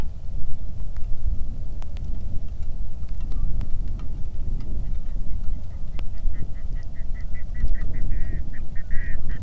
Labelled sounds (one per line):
waterfowl
wind
rain